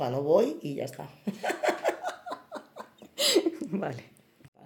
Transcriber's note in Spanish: carcajada